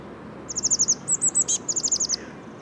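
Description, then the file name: Eurasian blue tit calling with three fast groups of high, thin notes and a brief sharp click before the last group, over low hiss. "Cyanistes caeruleus"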